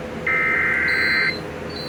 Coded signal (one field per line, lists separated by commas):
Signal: Emergency Alert System (SAME) tones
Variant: header bursts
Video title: One final push for the Summer. || EAS Alerts from August 30-31, 2024 (EAS #3,031-3,060)